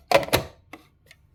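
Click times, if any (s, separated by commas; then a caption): none. A plastic lid is being fitted onto the frozen pint container of a Ninja Creami countertop ice cream machine. Two loud, broad plastic knocks and rattles come in quick succession near the start, followed by a short sharp tick at about 0.7 s and a faint tap near 1.1 s. The lid has not clicked or seated yet.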